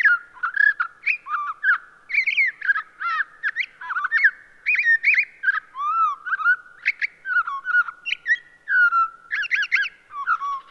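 Townsend's solitaire singing a long, continuous warble of rich, fluty notes that rise and fall quickly, tumbling without pause through the whole stretch.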